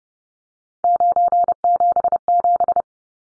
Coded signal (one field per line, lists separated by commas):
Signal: Morse code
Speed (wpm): 30 wpm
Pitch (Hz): 700 Hz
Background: none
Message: 977